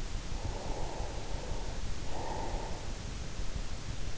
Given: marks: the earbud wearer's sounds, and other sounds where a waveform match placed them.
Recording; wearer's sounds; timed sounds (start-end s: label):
sounds in sleep by an in-ear microphone; breath
0.18-3.04 s: breath